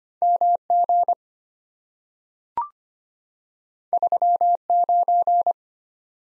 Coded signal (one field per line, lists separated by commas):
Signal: Morse code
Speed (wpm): 25 wpm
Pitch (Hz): 700 Hz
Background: none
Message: MG 39